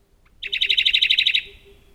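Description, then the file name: Radde's warbler giving a fast, even trill of about a dozen bright, slurred notes lasting roughly one second, ending in a faint lingering tone. "warbler-radde 003-Phylloscopus-schwarzi"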